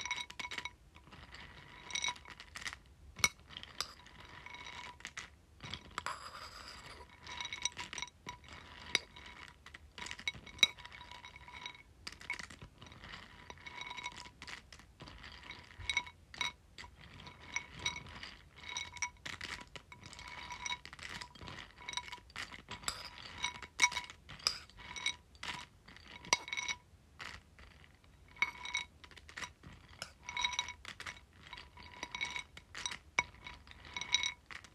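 Pumpkin seeds drop into a bowl in a continuous rapid patter of small bright clicks and clinks, with occasional louder ticks throughout.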